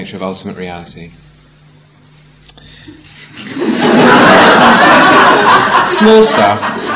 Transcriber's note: laughter